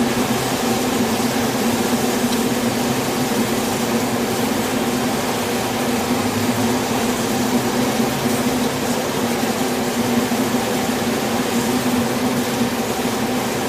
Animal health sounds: honeybee colony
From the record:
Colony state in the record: swarm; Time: day

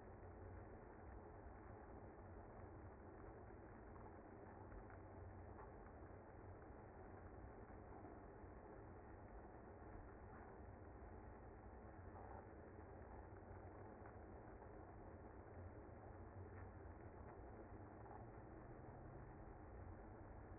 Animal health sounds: honeybee colony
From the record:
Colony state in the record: active

